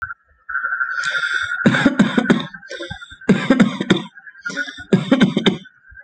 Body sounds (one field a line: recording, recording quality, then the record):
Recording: shallow voluntary cough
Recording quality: excellent, no background noise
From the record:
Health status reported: respiratory illness, not identified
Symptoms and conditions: asthma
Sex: male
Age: 26 years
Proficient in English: yes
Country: India